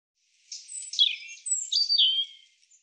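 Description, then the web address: European robin song: high, tinkling whistles alternating with lower liquid warbled notes in a varied two-second phrase, quiet background. "Deverinetal 2025 Bird Er Ru Er Ru"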